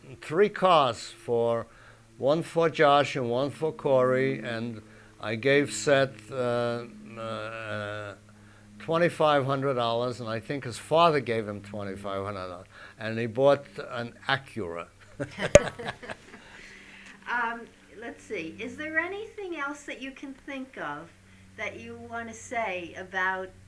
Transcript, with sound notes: three cars for, one for Josh and one for Cory, and I gave Seth twenty-five hundred dollars, and I think his father gave him twenty-five hundred dollars, and he bought an Acura. ( they laugh )
Let's see. Is there anything else that you can think of that you want to say about